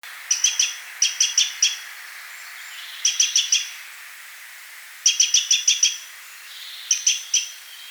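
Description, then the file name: Eurasian wren giving short bursts of sharp, high ticking notes, several per burst, repeated every second or two. "Troglodytes troglodytes"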